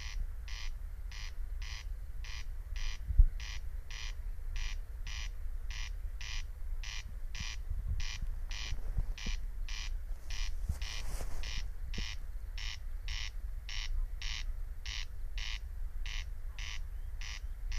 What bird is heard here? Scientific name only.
Crex crex